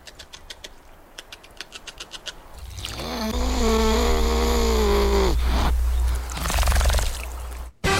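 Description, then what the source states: Beaver whining: a series of soft rapid clicks gives way to a long, nasal, wavering moan, followed by rustling noise. Played as the mystery animal in a radio contest; not a muskrat; said to need to make a sound so that something on it doesn't grow too big.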